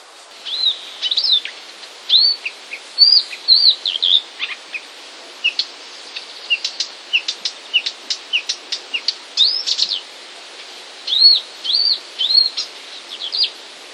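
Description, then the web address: Marsh warbler song, a series of arched high whistles and sharp ticks delivered in quick phrases over faint background hiss. "wroblowe kolekcja lozowka"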